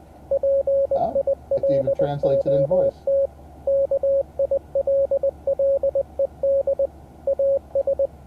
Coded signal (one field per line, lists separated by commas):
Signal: Morse code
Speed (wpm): 21 wpm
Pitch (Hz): 550 Hz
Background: speech, radio noise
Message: PILOT KILLED AS